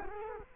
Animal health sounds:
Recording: mosquito wingbeat signal from an infrared sensor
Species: Culex quinquefasciatus

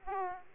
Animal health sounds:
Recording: mosquito wingbeat signal from an infrared sensor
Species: Aedes aegypti

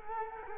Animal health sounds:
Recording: mosquito wingbeat signal from an infrared sensor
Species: Culex quinquefasciatus

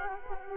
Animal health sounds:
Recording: mosquito wingbeat signal from an infrared sensor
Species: Culex quinquefasciatus

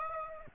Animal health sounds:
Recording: mosquito wingbeat signal from an infrared sensor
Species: Aedes aegypti

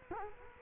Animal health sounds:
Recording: mosquito wingbeat signal from an infrared sensor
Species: Culex quinquefasciatus

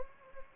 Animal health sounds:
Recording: mosquito wingbeat signal from an infrared sensor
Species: Anopheles gambiae

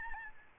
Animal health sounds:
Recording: mosquito wingbeat signal from an infrared sensor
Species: Aedes albopictus

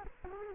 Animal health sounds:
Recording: mosquito wingbeat signal from an infrared sensor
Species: Culex quinquefasciatus

